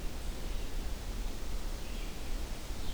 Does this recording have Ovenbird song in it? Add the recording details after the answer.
no. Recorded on 25 June 2016 at 07:56. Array SBT-6-76